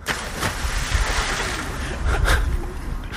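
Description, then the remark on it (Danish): A person jumps into the water of Christianshavns Kanal in Copenhagen, Denmark, with a brief, bright splash that rises out of a steady wash of churning water and low engine-like rumble, with no voices. “Nu hopper han simpelthen i vandet.”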